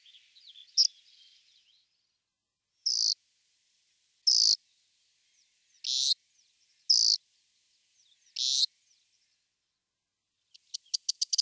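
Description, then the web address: Corn bunting: several short, bright jangling bursts about every one and a half seconds, then a series of ticks at the end. "Kornvarling"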